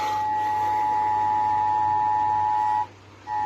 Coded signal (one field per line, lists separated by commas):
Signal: Emergency Alert System (SAME) tones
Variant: 853 and 960 Hz attention tone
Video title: IEMBOT Is Slow As 💩 | EAS Alerts From 3/5/2022 (EAS #1,316-1,348)